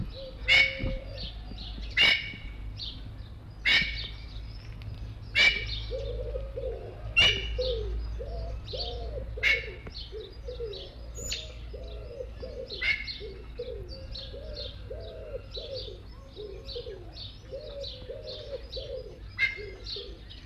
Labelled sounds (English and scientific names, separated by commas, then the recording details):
Lady Amherst's Pheasant (Chrysolophus amherstiae) call
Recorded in captivity
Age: adult
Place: Zoo Leipzig, Sachsen, DE
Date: 1965-03-27 14:00
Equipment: Magnetophon 300, Transistorverstärker, Sennheiser MD 421
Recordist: Tembrock, Günter